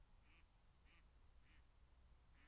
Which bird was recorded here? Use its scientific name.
Anas platyrhynchos